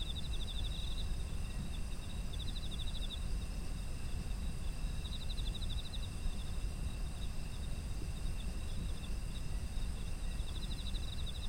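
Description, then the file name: Insect chorus: a constant high ringing tone with short pulsed chirping trills repeated every few seconds, set against steady low-frequency rumble. Autumn insect ambience. "秋の虫の環境音"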